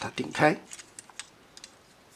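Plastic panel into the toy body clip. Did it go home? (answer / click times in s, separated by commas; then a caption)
no / none. On a transforming robot toy, a small plastic panel is pushed open along a side clip so another plastic panel can clip into the toy body. Someone talks briefly, then a few small, sharp plastic ticks are heard around 1.0, 1.2 and 1.6 seconds. Nothing has seated or clicked into place yet.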